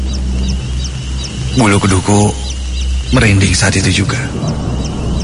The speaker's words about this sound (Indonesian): Hingga aku mendengar suara lain. Yaitu suara suara anak ayam. Ya, yang terdengar kali ini suara anak ayam. Terdengar jauh dari posisiku sekarang.